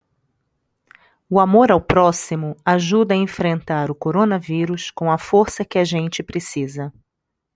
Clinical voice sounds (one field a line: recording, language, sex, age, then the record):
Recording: spoken sentence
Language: Brazilian Portuguese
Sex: female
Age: 20 to 29 years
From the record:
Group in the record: control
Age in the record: 20 years